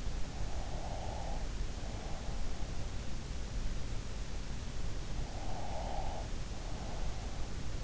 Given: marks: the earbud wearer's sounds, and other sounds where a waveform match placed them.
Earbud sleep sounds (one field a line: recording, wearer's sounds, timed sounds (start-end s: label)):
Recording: sounds in sleep by an in-ear microphone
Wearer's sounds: breath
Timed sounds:
0.35-2.88 s: breath
5.27-7.84 s: breath